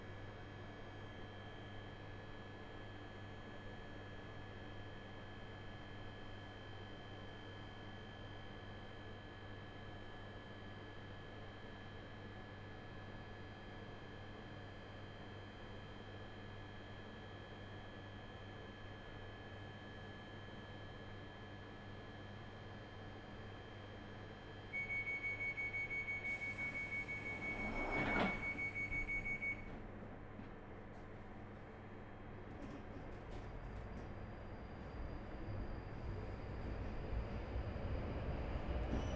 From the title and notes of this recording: I recorded the sound of an empty Underground train and it made me feel a bit weird and spooky. I made sure I travelled late, about 10pm. My carriage was entirely empty for the entire journey from East Finchley to Bank. I decided to bring along a handheld recording device and sit there recording the noise.